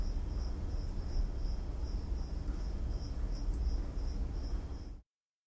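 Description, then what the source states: Crickets chirping in fast high pulsed trills over steady low rumbling background noise, ending abruptly after about five seconds. Several crickets recorded in Odessa, probably in a hotel courtyard, with a Sennheiser Ambeo headset for iPhone.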